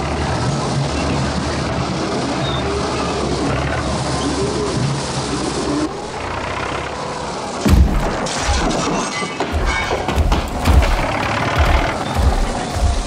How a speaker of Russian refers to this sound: Ломают старый дом. Через открытое окно машины мужчина печально смотрит на то, как чугунная баба и ковш экскаватора крушат старое здание.